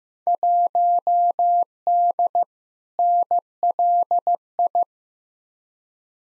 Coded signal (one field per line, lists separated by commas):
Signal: Morse code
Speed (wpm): 15 wpm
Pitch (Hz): 700 Hz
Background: none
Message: 1D NLI